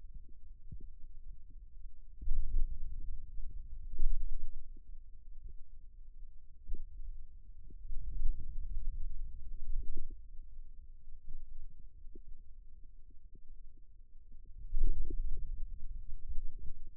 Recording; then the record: forearm muscle sounds (acoustic myography)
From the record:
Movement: radial deviation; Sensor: system 2, bracelet of six BSWA MPA416 microphones around the upper forearm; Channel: 1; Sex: male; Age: 22 years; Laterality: right